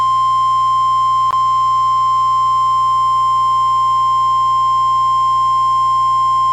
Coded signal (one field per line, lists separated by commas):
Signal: Emergency Alert System (SAME) tones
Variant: 1050 Hz attention tone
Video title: RARE Tornado Warning in WA Interrupted by EAS Special Marine Warning! (11/09/21) (VALID TONES)